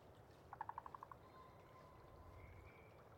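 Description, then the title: Pacific chorus frog giving a short pulsed trill of several quick notes, with faint drawn-out calls after, over steady background hiss. Sparse chorus just before dawn as twilight brightens; most of the group has gone back to burrows, a few individuals keep calling to attract a mate. "Chorus Frogs, Sparse, pre-Dawn"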